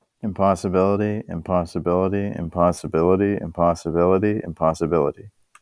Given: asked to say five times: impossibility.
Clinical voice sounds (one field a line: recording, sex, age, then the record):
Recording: repeated word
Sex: male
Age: 20 to 29 years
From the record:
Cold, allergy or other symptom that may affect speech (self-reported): no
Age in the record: 25 years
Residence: California, United States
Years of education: 17